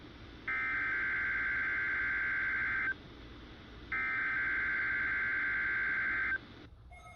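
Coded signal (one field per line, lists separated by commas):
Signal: Emergency Alert System (SAME) tones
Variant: header bursts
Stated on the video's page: Required Weekly Test received from NOAA Weather Radio station.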